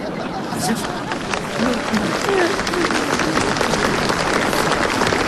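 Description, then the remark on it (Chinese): A crowd applauds steadily, a dense wash of many hands clapping at a fairly loud, even level, with a faint murmur of voices mixed in. “哎呀，朋友的掌声我明白了，啊，都理解了。”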